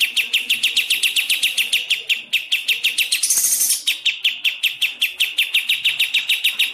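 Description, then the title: Bird song made of rapid, evenly spaced high chirps, interrupted once by a short noisy rasp before the chirping resumes at the same pace. Masteran recording of birdsong, made for training songbirds. "Masteran Burung"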